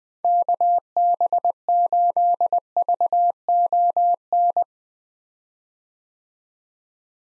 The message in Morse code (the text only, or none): KB8VON